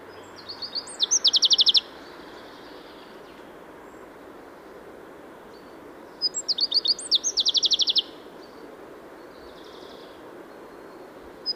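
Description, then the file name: Common chaffinch singing twice: each phrase is a quick run of repeated notes ending in a flourish, a few seconds apart, with soft background hiss throughout. "Fringilla coelebs"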